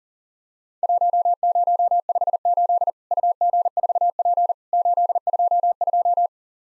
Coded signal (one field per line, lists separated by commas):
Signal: Morse code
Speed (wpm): 40 wpm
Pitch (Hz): 700 Hz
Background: none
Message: 1058 UG4P 822